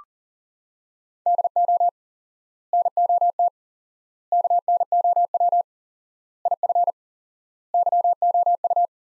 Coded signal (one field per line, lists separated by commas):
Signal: Morse code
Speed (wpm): 37 wpm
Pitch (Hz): 700 Hz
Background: none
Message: DO NOT KNOW IF YOU